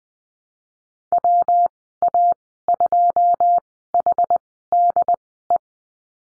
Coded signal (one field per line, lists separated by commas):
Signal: Morse code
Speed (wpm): 20 wpm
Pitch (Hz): 700 Hz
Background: none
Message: WA2HDE